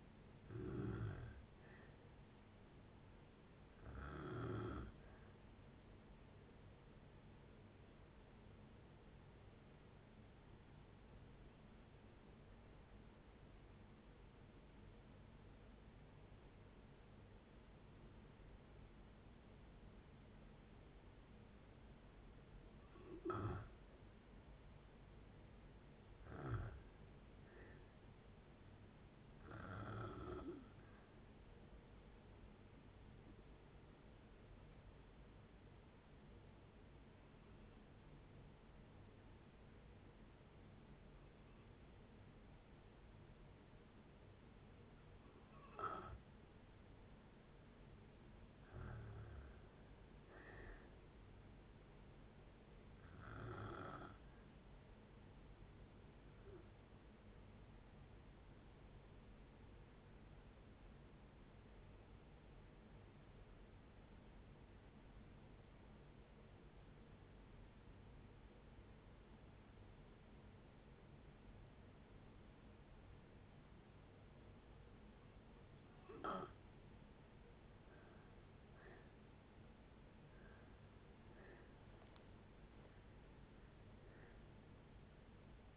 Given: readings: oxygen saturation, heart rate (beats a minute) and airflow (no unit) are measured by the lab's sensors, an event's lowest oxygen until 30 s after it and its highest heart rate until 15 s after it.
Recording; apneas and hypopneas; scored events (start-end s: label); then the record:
breathing in sleep by a voice recorder at the bedside; 3
5.00-25.40 s: hypopnea (N2, oxygen 95% highest, then 86% lowest, heart rate 69 at the start, 69 highest)
32.00-47.60 s: hypopnea (N2, oxygen 92% highest, then 86% lowest, heart rate 67 at the start, 67 highest)
62.00-78.00 s: obstructive apnea (N2, oxygen 93% highest, then 81% lowest, heart rate 61 at the start, 76 highest)
From the record:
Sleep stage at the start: N2 (light sleep); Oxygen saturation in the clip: 85 to 95%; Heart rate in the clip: 55 to 70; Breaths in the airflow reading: 15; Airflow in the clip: -5.5 to 13.7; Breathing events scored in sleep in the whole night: 496 in 5.4 hours asleep